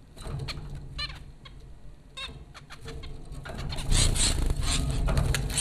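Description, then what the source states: Zebra finch calls, short nasal beeps scattered through, over low rumbling background noise that grows louder toward the end. Four zebra finches recorded at Popcorn School, Flatbush, Brooklyn, New York, on April 15, 2009.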